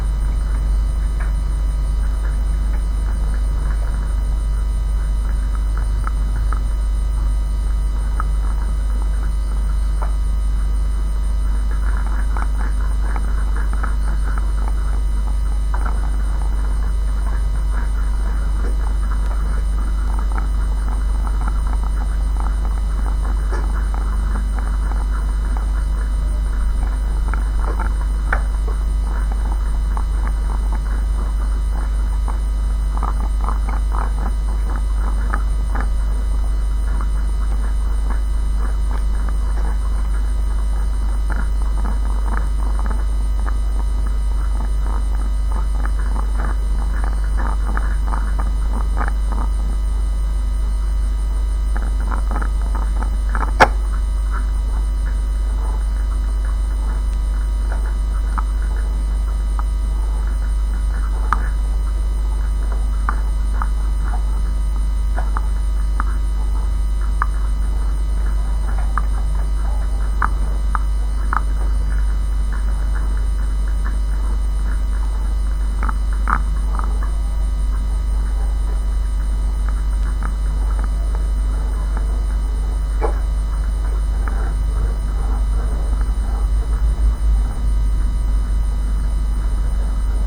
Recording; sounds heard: poultry house recording; sick chickens (respiratory disease)